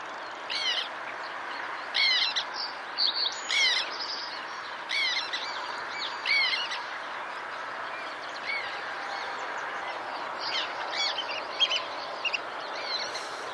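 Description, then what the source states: Black tern giving squeaky calls repeated irregularly, several close together later on. Squeaking call to listen for at a black tern site.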